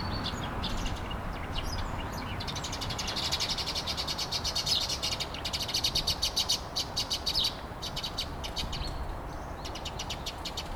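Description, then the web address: Sparrows chirping, a dense chattering stream of rapid high chirps that builds in the middle and then thins out, over a low background rumble. "linnut varpuset"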